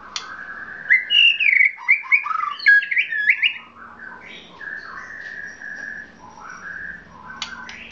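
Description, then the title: Oriental magpie-robin singing a rich run of varied whistled and chattering phrases, loud and rapid at first, then softer drawn-out whistles with sharp clicks. Chirping song of the magpie-robin. "Kicau Kacer"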